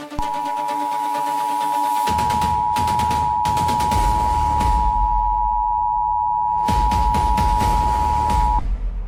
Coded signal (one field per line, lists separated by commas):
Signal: Emergency Alert System (SAME) tones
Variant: 853 and 960 Hz attention tone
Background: music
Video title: Doctor Who: The Unified Incursion | An EAS Simulation